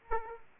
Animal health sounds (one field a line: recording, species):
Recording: mosquito wingbeat signal from an infrared sensor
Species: Aedes aegypti